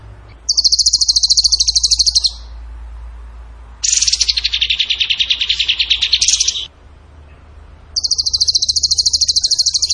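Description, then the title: Bird song: three long, loud trills of rapidly repeated high notes, the middle one broader and lower in pitch, with short quiet gaps between. Masteran (training recording) of a bird singing in the tembakan gacor style. "Masteran Burung Tembakan Gacor"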